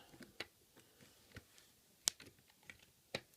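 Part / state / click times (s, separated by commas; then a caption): small plastic figure into robot toy cockpit / seated / 2.1 s. A small plastic figure is pushed into the cockpit controls of a combining robot toy (Shurikenjin) and snaps into place with a sharp, bright click at 2.1 s. Lighter plastic ticks and taps come before it, and another firm click follows at about 3.2 s. The figure is seated.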